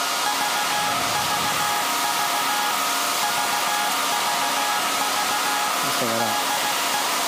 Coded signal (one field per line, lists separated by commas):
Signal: Morse code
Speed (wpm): 16 wpm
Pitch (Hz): 830 Hz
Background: music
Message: VVV VVV DE